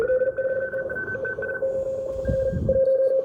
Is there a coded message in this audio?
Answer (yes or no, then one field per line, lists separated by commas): yes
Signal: Morse code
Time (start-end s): 0.1-1.6 s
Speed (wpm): 37 wpm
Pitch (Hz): 1500 Hz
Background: none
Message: M8WTS